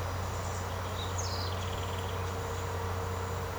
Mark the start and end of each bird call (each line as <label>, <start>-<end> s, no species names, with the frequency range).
bird call (2.0-7.3 kHz), 0.90-2.28 s